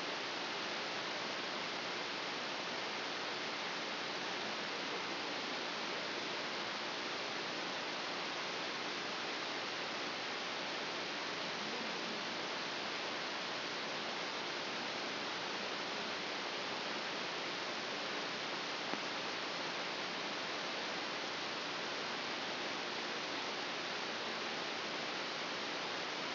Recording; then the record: brain microelectrode recording played as sound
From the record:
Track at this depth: outside the subthalamic nucleus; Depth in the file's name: 0.641 mm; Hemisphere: left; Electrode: 3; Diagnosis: Parkinson's disease